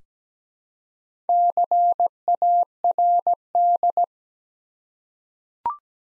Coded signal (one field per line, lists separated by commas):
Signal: Morse code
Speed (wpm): 17 wpm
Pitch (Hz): 700 Hz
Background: none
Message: CARD